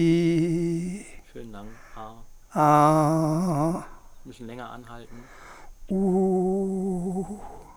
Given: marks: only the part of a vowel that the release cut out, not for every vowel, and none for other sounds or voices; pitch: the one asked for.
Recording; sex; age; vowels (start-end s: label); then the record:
sustained vowels; male; 70 to 79 years
0.00-0.70 s: vowel /i/, normal pitch
2.68-3.30 s: vowel /a/, normal pitch
6.09-6.94 s: vowel /u/, normal pitch
From the record:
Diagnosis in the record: presbyphonia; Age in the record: 76 years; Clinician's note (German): Vox senilis